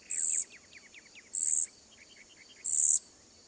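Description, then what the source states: Cedar Waxwing trills: three very high, thin buzzy trills about 1.3 seconds apart, with soft, lower chirping notes in between. Quiet voice; song only a very soft trilling, fairly hard for people to hear; communal feeders that use high-pitched trills and buzzy calls to keep track of each other in small flocks.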